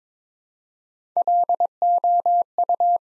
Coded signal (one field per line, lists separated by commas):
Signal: Morse code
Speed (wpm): 21 wpm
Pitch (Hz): 700 Hz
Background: none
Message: LOU